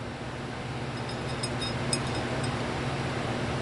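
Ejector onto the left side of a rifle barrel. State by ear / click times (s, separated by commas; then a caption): seated / 1.9 s. A steel ejector is pressed onto the left side of a Savage 64 rifle barrel and snaps into place at 1.9 s, a short sharp click over a steady broadband hum and hiss. It is seated and checked to sit flush.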